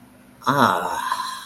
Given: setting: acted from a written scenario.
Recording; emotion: vocal sound without words; contentment